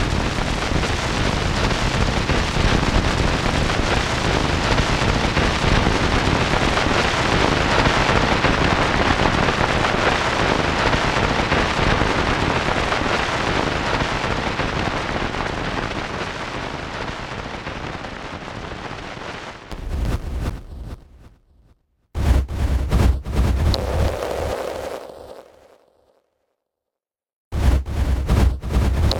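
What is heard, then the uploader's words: A space battle rages as a dense, rumbling roar of blasts for twenty seconds, then breaks into choppy bursts separated by sudden silences. Space Fantasy – Battle – Space Battle.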